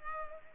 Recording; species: mosquito wingbeat signal from an infrared sensor; Culex pipiens